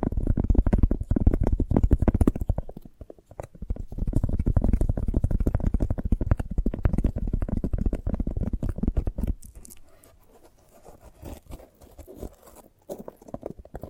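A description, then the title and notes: Someone handles and scrapes a sprouted coconut, making dense, rapid scratching and crunching with a heavy low body. It runs steadily for about nine seconds, with a short break near three seconds, then thins into softer, sparser taps and rubs until the end. ASMR of a Sprouted Coconut (No Talking).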